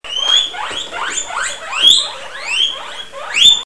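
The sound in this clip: Rabbit squeals: high, rising, wailing cries repeated several times, some sharper and louder than others.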